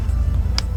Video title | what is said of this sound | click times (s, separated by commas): How to Fix Mercedes Ignition Coil Codes P0351 P0352 P0353 P0354 P0355 P0356 P0357 P0358 | Push them in all the way until they click really good. | 0.6 s